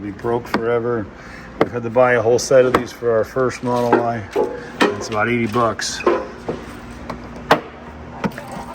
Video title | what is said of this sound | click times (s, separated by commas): Model Y Viento ABS Plastic Replacement Diffuser with Removable Hitch Cover | Listen for the click. You know your grommets are in. | 7.5 s, 8.2 s